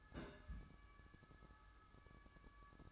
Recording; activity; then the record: daily activity, microphone in the room; place on stove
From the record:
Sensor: 2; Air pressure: 1007.8 hPa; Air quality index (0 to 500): 100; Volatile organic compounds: 1 ppm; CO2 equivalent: 758 ppm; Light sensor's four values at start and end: 6/15/6/6 and 6/15/6/6